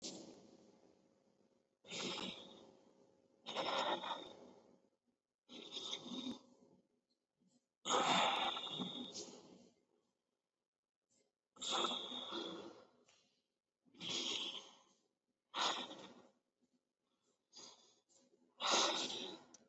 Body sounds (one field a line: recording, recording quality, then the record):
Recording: deep breathing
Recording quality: excellent, no background noise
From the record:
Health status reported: COVID-19 positive, mild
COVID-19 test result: positive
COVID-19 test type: RT-PCR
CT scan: not taken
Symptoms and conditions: cough, cold, sore throat, fatigue, muscle pain, diarrhoea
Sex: male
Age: 25 years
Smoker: no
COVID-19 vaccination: both doses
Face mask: not worn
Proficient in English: yes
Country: India